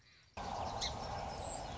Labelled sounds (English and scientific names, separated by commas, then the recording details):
Song Sparrow (Melospiza melodia)
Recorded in Sonoma County, California